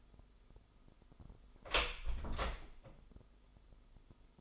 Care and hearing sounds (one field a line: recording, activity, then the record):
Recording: daily activity, microphone in the room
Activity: close door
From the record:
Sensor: 5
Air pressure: 996.3 hPa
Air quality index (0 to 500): 34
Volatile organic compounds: 1 ppm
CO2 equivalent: 585 ppm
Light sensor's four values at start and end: 43/100/42/44 and 43/101/42/44